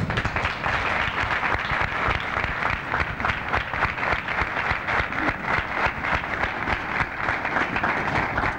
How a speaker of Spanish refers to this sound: Yo, en este momento, pediría un aplauso para los que se fueron y para los que están.